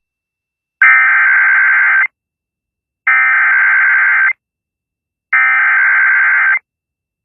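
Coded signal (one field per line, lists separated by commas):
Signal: Emergency Alert System (SAME) tones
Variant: header bursts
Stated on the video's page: EAS severe weather alerts from Indiana that interrupted songs.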